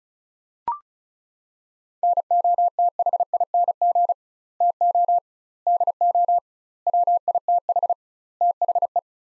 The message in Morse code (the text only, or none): NOTHING TO DO WITH THE